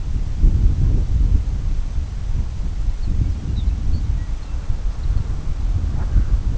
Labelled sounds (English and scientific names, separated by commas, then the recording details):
Lapland Longspur (Calcarius lapponicus), Brent Goose (Branta bernicla)
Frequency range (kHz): Lapland Longspur (Calcarius lapponicus) 1.6-5.2 kHz; Brent Goose (Branta bernicla) 0.2-2.3 kHz
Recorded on Arctic tundra, site CORI-1, on 20 June 2018
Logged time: 20:00